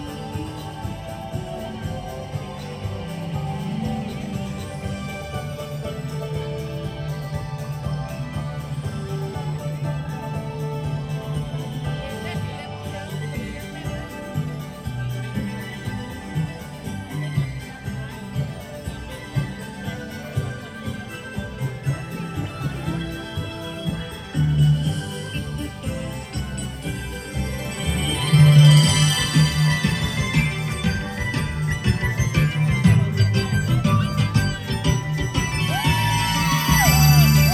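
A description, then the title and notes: Music from the Main Street Electrical Parade plays steadily, with a strong, humming bass line under layered synthesized melody. The sound holds even for most of the stretch, then grows louder and brighter near the half-minute mark, with bursts of higher tones toward the end. The Main Street Electrical Parade (Disneyland) Binaural Recording.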